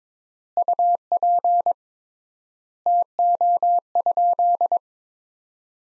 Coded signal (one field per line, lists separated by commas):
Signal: Morse code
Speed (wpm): 22 wpm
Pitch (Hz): 700 Hz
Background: none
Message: UP TO?